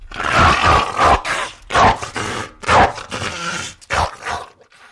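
Pit bull giving several rough, throaty barks with a growling edge, separated by brief gaps.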